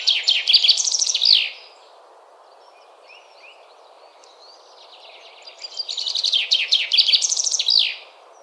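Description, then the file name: Common chaffinch song: two bright, descending rattling phrases, each about one and a half to two and a half seconds and ending in a flourish, separated by a quiet gap over steady low background hiss. "Fringilla coelebs"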